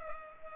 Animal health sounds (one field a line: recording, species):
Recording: mosquito wingbeat signal from an infrared sensor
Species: Culex pipiens